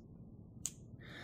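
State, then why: Seated. The male and female housings of a Deutsch Jr Ready sealed plastic wire connector, with a silicone seal for watertightness, are pushed together until they lock. A single sharp, bright click sounds at 0.7 s over a low steady rumble, followed by a soft hiss near the end. The connector halves are seated and locked, making the connection.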